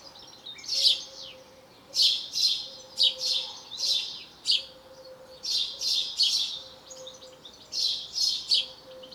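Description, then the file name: House sparrow chirping, many harsh bright chirps in short clusters of two or three. "Passer domesticus"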